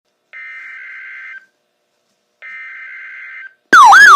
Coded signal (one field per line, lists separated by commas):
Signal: Emergency Alert System (SAME) tones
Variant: header bursts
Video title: Required Weekly Test from nws Albuquerque New Mexico YOUTUBE FIRST(EAS #1)